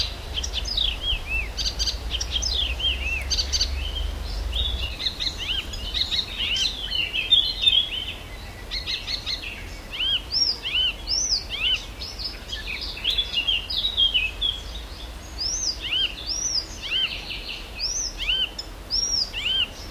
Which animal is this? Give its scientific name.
Hippolais icterina